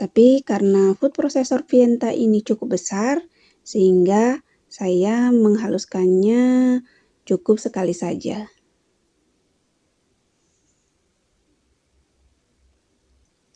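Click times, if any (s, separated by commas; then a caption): none. A food processor's bowl and lid assembly is being fitted onto its motor base. Someone talks for the first eight and a half seconds, then near-silence follows with only a few faint ticks. Nothing has seated or clicked yet.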